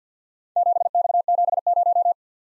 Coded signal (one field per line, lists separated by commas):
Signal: Morse code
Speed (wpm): 52 wpm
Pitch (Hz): 700 Hz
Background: none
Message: 7X70